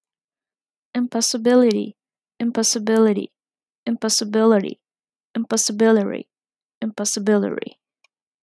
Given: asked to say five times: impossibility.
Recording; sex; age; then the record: repeated word; female; 30 to 39 years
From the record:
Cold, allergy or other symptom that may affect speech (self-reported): no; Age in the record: 34 years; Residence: West Virginia, United States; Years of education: 18